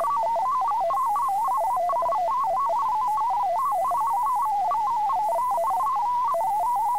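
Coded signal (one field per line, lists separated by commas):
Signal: multi-tone FSK (Olivia or MFSK type)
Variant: MFSK32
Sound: rapid warbling tone jumping quickly among many close pitches around 1 kHz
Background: faint steady whine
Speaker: stay tuned for another test message just like on the Nets over the radio the transmission will begin in kestia 4250 a mode change to mfsk 32 will be sent followed by the test FL message traffic and then another mode change back to contesa once the traffic is sent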